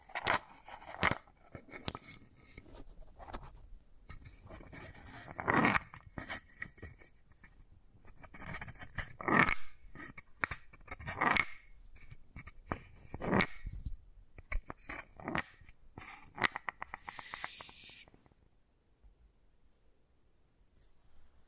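Wooden ball triggers: a string of sharp knocks and clicks, some single and some in quick bursts, with scraping and rolling sounds between them. The taps are dense and irregular through most of the clip, then stop near eighteen seconds, leaving near silence.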